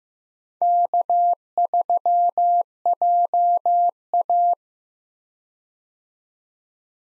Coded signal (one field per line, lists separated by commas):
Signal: Morse code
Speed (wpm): 15 wpm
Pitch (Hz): 700 Hz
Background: none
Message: K3JA